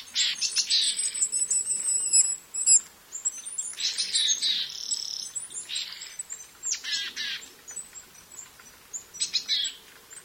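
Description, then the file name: Willow tit calls in harsh, buzzy, drawn-out bursts, several in a row with pauses, accompanied by thin, high, repeated chirps early on. "kogara"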